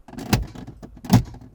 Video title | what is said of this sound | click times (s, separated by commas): Como sacar guantera superior Toyota Corolla 2008 2013 | Ahí escuchamos el ruido de los clips entrando. | 0.3 s, 1.1 s